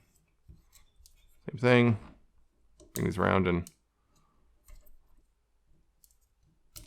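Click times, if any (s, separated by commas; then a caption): 6.8 s. A second set of plastic arm pieces on a Transformers Studio Series 86 Kup transforming toy robot is brought around into the body while someone talks, with faint plastic handling clicks along the way. The arm piece clicks into place at 6.8 s and is seated.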